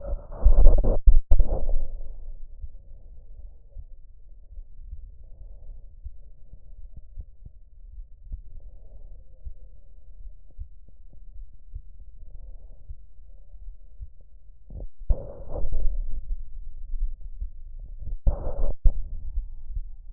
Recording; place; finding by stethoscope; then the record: heart sounds by stethoscope; aortic valve (AV); normal heart sounds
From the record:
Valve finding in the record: normal valve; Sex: female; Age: 50 years